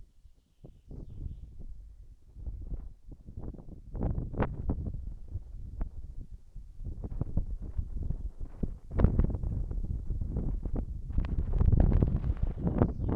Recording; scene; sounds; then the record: everyday scene through a hearing-aid microphone; wind on the microphone; wind, birds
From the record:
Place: in front of a rural house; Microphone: behind the ear, right, rear